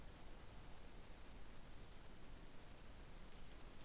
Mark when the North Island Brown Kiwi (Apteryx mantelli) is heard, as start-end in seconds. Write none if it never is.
none